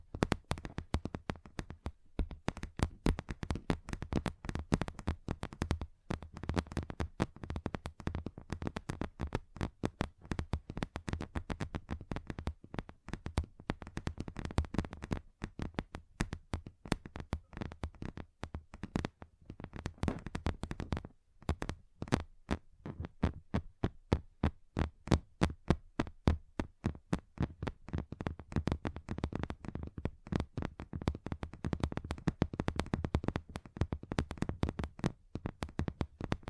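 Fingers tap on a table, moving across different surfaces in a quick, uneven patter of sharp knocks that runs for the whole recording. The taps come thick and fast, with only brief pauses near the start and around the twenty-second mark, over a low, steady hum.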